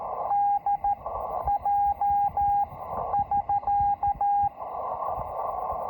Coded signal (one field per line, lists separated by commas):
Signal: Morse code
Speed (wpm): 13 wpm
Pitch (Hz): 810 Hz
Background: radio noise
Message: DJ <SK>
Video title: The Coolest Location For A First CW POTA Activation